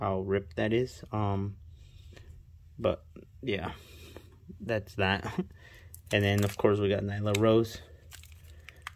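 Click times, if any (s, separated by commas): none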